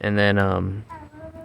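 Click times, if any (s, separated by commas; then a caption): none. Someone talks while handling a plastic cabin filter access cover on a 2019–2025 Nissan Altima, fitting it into the HVAC housing behind the glovebox, where it goes on left tab first before the other side is swung over and clicked in. After the talking, quieter handling sounds follow. Nothing has seated or clicked into place yet.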